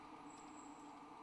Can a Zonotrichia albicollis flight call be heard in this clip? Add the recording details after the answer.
no. No flight call is heard. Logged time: 11:33 on 8 December 2014